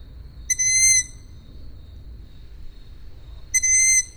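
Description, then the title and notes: Owl calls: two high, steady whistles about half a second long, three seconds apart, over faint low background hum. Several owls, recorded at Židlochovice. "Sovy, Židlochovice, natočeno. Sovy v Židlochovicích, nahrál Tomáš Šenkyřík"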